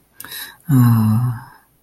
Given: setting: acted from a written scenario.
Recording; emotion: vocal sound without words; sympathy